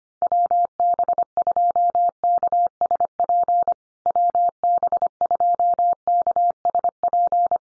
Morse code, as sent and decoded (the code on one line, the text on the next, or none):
.-- -... ..--- -.- ... .--. / .-- -... ..--- -.- ... .--.
WB2KSP WB2KSP